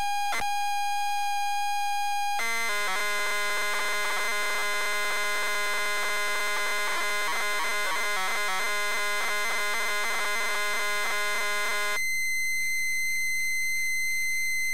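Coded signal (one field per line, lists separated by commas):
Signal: ZX Spectrum tape loading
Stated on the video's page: ZX Spectrum +3 loading from a WH Smith CPD8300 cassette player, captured via Elgato capture card and SCART to HDMI upscaler.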